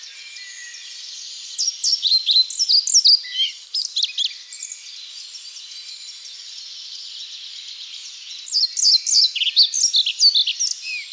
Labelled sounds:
European Pied Flycatcher (Ficedula hypoleuca) song
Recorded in the wild
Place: Waltershofen / Freiburg im Breisgau, Baden-Württemberg, DE
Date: 2008-04-26
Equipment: MiniDisc Sharp MT 20 H
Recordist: Schwarz, Dieter

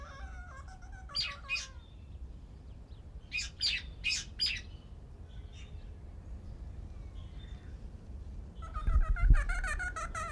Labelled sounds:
Kea (Nestor notabilis) call
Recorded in captivity
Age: adult
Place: Zoo Berlin, Berlin, DE
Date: 1992-12-25 11:35
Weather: heiter, -7°C
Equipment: Marantz CP 430, Sennheiser ME 80, Kopie Uher Variocord 263
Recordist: Tembrock, Günter

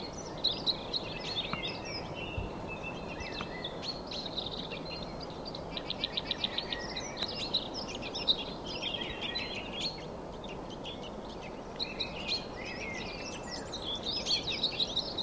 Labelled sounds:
Red Crossbill (Loxia curvirostra)
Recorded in the wild
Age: adult
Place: Mirnock, Kärnten, AT
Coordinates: 46.758, 13.714
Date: 1972-04-03
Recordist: Brunner, Thomas

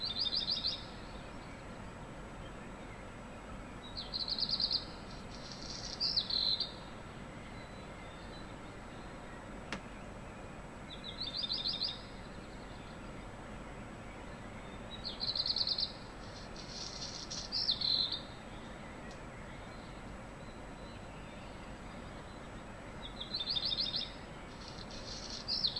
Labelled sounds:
Black Redstart (Phoenicurus ochruros)
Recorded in the wild
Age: adult
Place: Untertweng, AT
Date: 1972-05-14
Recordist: Brunner, Thomas

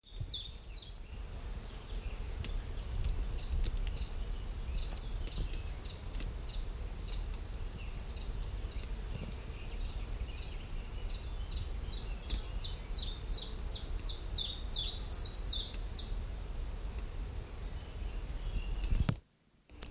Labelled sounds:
Common Chiffchaff (Phylloscopus collybita) song
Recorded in the wild
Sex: male
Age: adult
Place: Huywald, Huy, Sachsen-Anhalt, DE
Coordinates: 51.9486, 10.9519
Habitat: high forest
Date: 1971-07-11 12:58
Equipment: Uher 4200 Report-S, Tesla Verstärker, Sennheiser MD 421
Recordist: Tembrock, Günter
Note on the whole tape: Gesang

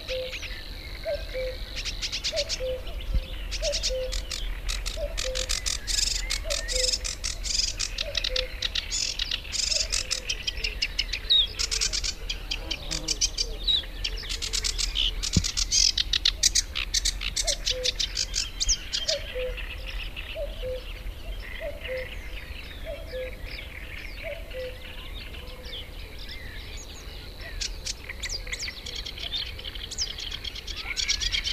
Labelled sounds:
Sedge Warbler (Acrocephalus schoenobaenus) song
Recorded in the wild
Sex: male
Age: adult
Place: Gartz (Oder), Nationalpark Unteres Odertal, Brandenburg, DE
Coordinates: 53.147, 14.3679
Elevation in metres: 1
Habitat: wetland
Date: 2014-05-07 19:52
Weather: cloudy, 18°C, almost windless
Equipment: Sound Devices 702, Sennheiser MKH 70, Rycote Windschutz
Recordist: Frommolt, Karl-Heinz

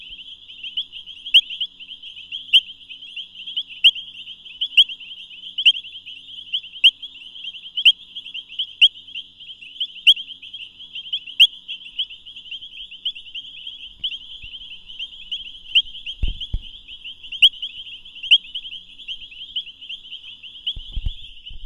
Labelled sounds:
Painted Reed Frog (Hyperolius marmoratus) call
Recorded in the wild
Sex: group
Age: adult
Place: Camp Satara, Krüger Nationalpark, ZA
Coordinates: -24.4, 31.78
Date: 1996-01-12 22:17
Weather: 26°C, Luftfeuchtigkeit 60%
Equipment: Sony TCD-D3 (Longplay), Sennheiser ME 80, K 30 AV
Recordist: Gutsche, Alexander
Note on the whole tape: H.m.taeniatus-Chor (kein Einzeltier): sehr laut (Aussteuerung auf 2!), Entf. 1 - 1,5 m. Danach Einzeltier: sehr laut (Aussteuerung auf 2!), Entf. 0,4 m. Kunstteich mit Cyperus, Typha, Nymphaea. Weitere Arten im Teich: Bufo garmani, Xenopus spec., Pelomedusa subrufa (Testudines). Achtung Aufnahme im Longplay-Modus

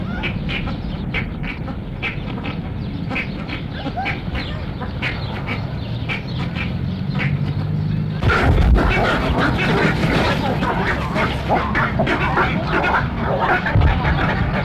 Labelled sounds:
Western Cattle Egret (Bubulcus ibis) call
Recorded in captivity
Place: Tierpark Berlin, Berlin, DE
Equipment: Halbspur, 9,5 cm/s
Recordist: Lütgens, Hans

